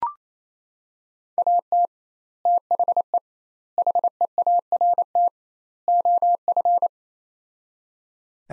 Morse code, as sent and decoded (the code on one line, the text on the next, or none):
.- - / - .... . / .... . .- .-. - / --- ..-.
AT THE HEART OF